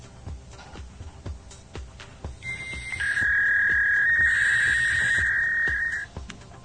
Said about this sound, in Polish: To jest dzwonek, który używa Luklew, jak przyjdzie SMS. Jak ktoś był na Contest Campie numer 2... Zapewne go pamięta.